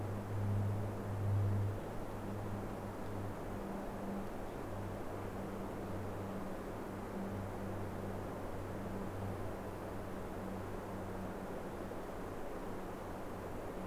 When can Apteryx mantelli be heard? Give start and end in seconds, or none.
none